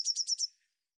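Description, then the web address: Eurasian blue tit call, a brief burst of four high scratchy notes in quick succession, then silence. "cianscape birddata Deverinetal 2025 File cleaned normalized Bird Cy Ca"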